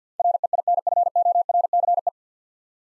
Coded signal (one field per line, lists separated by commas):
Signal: Morse code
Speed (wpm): 50 wpm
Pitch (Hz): 700 Hz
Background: none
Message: REINFORCE